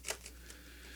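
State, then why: Not seated. A removable plastic piece of a King Arts Avengers collectible figure display gantry, taken off so a taller figure fits, is handled and pushed toward its storage slot on the gantry. Small, sharp plastic clicks and faint ticks sound against a quiet background, with the sharpest at 0.1 s and 1.0 s. The piece has not yet snapped into its slot; nothing has seated or clicked home.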